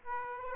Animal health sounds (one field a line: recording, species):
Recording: mosquito wingbeat signal from an infrared sensor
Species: Aedes aegypti